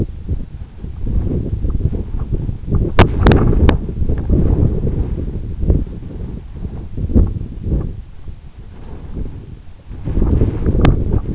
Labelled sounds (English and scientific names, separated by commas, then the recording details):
none
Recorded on Arctic tundra, site EABA-1, on 26 June 2018
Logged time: 04:00